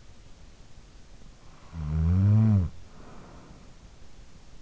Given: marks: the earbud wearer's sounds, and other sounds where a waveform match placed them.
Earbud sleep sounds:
sounds in sleep by an in-ear microphone; snoring breath
1.30-3.98 s: snoring breath

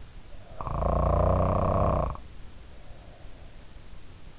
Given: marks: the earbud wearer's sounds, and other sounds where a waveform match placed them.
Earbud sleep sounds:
sounds in sleep by an in-ear microphone; snoring breath
0.48-3.39 s: snoring breath

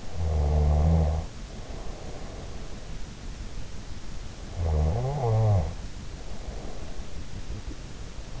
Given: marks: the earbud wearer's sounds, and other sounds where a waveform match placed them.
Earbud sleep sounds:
sounds in sleep by an in-ear microphone; snoring breath
0.00-2.75 s: snoring breath
4.39-7.11 s: snoring breath

